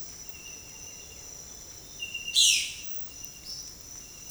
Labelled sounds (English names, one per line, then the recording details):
White-winged Becard
Violaceous Jay
Olive-faced Flatbill
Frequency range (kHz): White-winged Becard 1.8-2.7 kHz; Violaceous Jay 1.8-8.3 kHz; Olive-faced Flatbill 3.1-5.6 kHz
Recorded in dense forest near Puerto Asís, Putumayo, Colombia, on 22 June 2025 at 06:00
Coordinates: 0.503, -76.323
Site G059